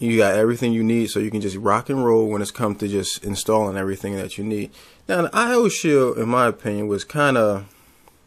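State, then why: Not seated. A man talks throughout while a metal motherboard I/O shield is being handled at the rear panel opening of a PC case, ahead of being pushed in until it snaps and locks into place. Nothing has seated or clicked yet; a faint short tap comes near 8.1 s as the speech ends.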